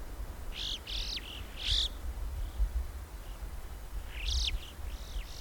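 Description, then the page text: Alpine chough calls, a few high whistled rising-then-falling notes in two short bursts, with a low rumble underneath. "Christian Brinkman - Альпийская галка (Pyrrhocorax graculus)"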